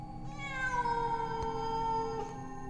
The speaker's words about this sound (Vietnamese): Thì bỗng nhiên, ở ngoài kia có con mèo đen, nó nhảy từ trên cây đa xuống kêu lên, làm phá vỡ mọi thứ.